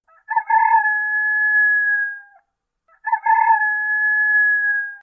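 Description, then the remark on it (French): A rooster crows twice in a village in the evening, each call a long, loud, steady cry lasting about two seconds, separated by a brief pause, with nothing else audible around it. “Un cri de coq éclate dans le silence.”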